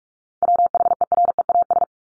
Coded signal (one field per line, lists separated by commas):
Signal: Morse code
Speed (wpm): 44 wpm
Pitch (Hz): 700 Hz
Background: none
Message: WHEREAS